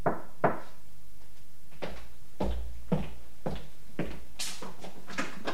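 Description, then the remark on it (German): Three sharp, hollow knocks on a door at the top of a back staircase, spaced unevenly with short pauses between them, fairly quiet against a low background hum and with no voices. “Ich stellte den Kombi in der Nähe meines Zieles ab, in einer Seitenstraße, ging um den Block, stieg die Hintertreppe hinauf und klopfte. Wie verabredet, dreimal.”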